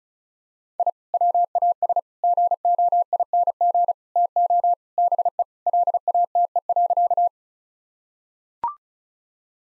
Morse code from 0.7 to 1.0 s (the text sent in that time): I